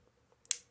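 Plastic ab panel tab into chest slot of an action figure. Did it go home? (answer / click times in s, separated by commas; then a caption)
yes / 0.5 s. A plastic ab panel on a Studio Series Rise of the Beasts Rhinox transforming robot figure (rhino beast) is tabbed into its chest slot and pressed home. A faint tick at 0.45 s is followed by a sharp, bright plastic click at 0.5 s as the ab panel seats firmly in place.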